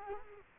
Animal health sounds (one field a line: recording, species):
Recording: mosquito wingbeat signal from an infrared sensor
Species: Culex quinquefasciatus